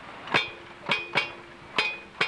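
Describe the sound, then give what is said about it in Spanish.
A car hubcap is struck five times in an uneven rhythm, each hit ringing out with a bright metallic clank much like a cowbell, with a steady tone lingering briefly after every strike. “Esta es una tapa de un rin de un carro, pero dio un sonido de cencerro.”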